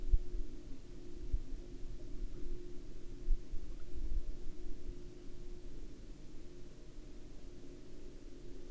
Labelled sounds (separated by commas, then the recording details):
aircraft
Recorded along the Dalton Highway, Alaska, on 16 October 2019 at 02:43
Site 07